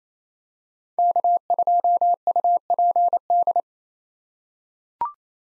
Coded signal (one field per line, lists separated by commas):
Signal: Morse code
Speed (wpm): 27 wpm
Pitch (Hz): 700 Hz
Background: none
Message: K2UPD